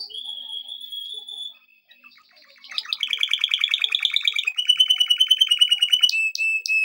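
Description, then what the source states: Canary song starting with a level whistled note, a short gap, then dense buzzy trills and a fast rolling tour ending in sharp chip notes. Song used for training.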